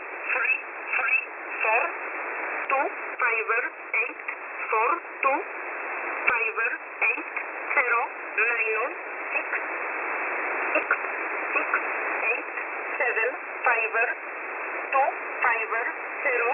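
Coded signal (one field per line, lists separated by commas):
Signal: numbers station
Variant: E11a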